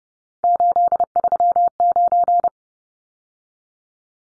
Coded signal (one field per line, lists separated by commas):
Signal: Morse code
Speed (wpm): 30 wpm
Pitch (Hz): 700 Hz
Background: none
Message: 839